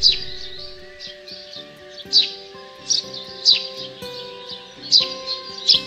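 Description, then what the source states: Eurasian tree sparrow chirping: repeated sharp, high chirps, with a steady tonal hum beneath. Chilp-chilp call of a tree sparrow in a pollard willow, played from a device because the bird was not heard live.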